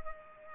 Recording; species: mosquito wingbeat signal from an infrared sensor; Culex pipiens